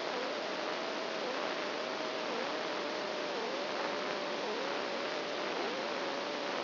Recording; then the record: brain microelectrode recording played as sound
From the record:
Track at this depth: inside the subthalamic nucleus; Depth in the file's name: 2.604 mm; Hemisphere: right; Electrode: 2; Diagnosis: Parkinson's disease